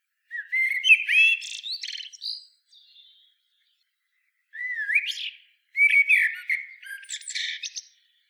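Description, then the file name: Common blackbird singing: a rising fluty warble with a scratchy high twitter at the end, a pause, then two more rich whistled phrases. "Turdus merula"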